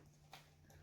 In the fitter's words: Now when you push it, you'll feel it click.